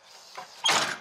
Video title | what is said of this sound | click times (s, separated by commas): New Redesigned Z Spray vs Older Model - Part 2 | and then it sits down and you can hear it clicking | 0.7 s